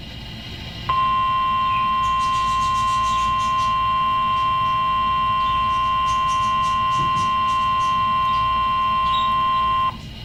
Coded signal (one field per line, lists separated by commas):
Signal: Emergency Alert System (SAME) tones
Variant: 1050 Hz attention tone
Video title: Why a S A M E Noaa weather radio should be in all homes (Google slide presentation)